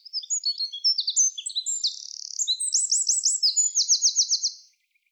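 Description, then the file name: Eurasian wren delivering a rapid, high-pitched song of tumbling notes and two rolling trills, energetic and unbroken for over four seconds. "Troglodytes troglodytes"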